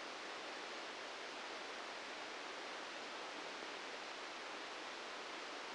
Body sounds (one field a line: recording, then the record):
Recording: brain microelectrode recording played as sound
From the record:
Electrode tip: inside the subthalamic nucleus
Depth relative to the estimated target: 0 mm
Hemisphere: left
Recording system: NeuroSet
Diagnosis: Parkinson's disease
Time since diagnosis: 13 years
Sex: male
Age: 65 years